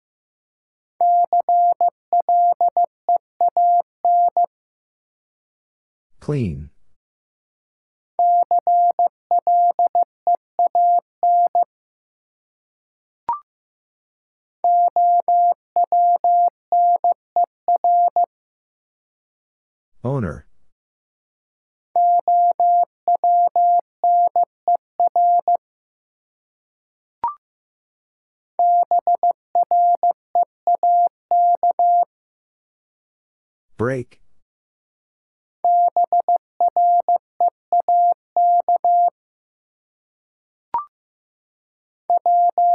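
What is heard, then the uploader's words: A steady mid-pitched Morse tone keys the word six times, each burst separated by pauses holding a quick swooping chirp or soft click. Five Letter Words - 15wpm. First, the word is sent in Morse code. Finally, it is sent again in More code.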